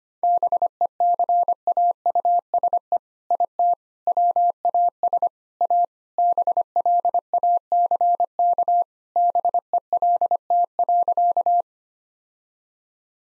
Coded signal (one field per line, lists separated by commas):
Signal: Morse code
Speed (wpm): 25 wpm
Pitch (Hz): 700 Hz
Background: none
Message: BECAUSE IT WAS A BLACK BELT.